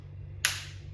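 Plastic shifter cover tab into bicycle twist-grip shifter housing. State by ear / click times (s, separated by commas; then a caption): seated / 0.5 s. The plastic cover of a Shimano Revoshift twist-grip bicycle shifter is hooked onto the rear tab first, then pressed onto the front tab of the shifter housing. A single sharp, bright snap sounds at 0.4 s against a low steady hum. The cover tab is seated in place.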